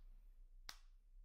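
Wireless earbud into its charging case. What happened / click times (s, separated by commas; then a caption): The earbud snapped into its case / 0.7 s. An AirPods 3 wireless earbud fitted with third-party dust-guard stickers is dropped into its charging case and seats magnetically, with one sharp, short click at 0.7 s over a low steady hum. The stickers make the usual click slower, but the earbud is seated and charging.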